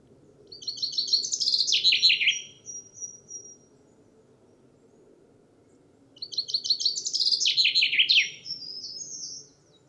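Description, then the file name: Common chaffinch repeating its song twice, each a quick cascading trill falling in pitch with an ending flourish, separated by several seconds of quiet background hum. "Fringilla coelebs"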